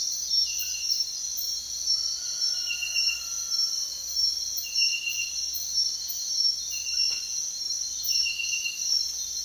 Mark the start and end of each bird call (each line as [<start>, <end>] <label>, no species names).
[1.91, 3.73] bird call